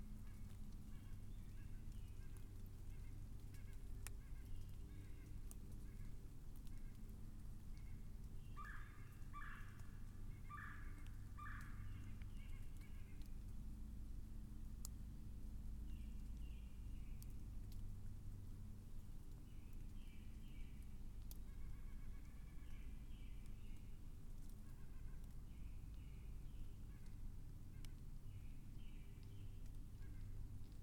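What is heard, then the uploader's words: Showers patter steadily in an oak-hickory forest over a low rumble, with scattered sharp drips and bursts of bird calls around ten seconds. Spring Lake Woods & Bog. Soft oak-hickory forest with April showers.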